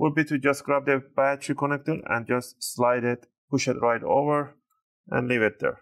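Someone talks while handling the battery cable connector of a Dell Precision 3530 laptop, sliding it and pushing it toward its motherboard socket. Only speech is heard, and the connector has not seated or clicked yet.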